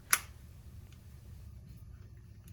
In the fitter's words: know why I thought I was gonna have a little bit more difficulty applying these but they snapped on with the most satisfying click so